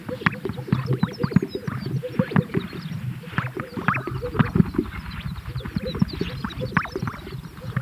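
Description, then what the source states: Greater sage-grouse chorus with low popping gulps and swishes overlapping from several birds. At a lek.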